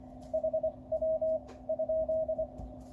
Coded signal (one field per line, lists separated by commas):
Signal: Morse code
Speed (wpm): 25 wpm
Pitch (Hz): 640 Hz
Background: radio noise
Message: HW?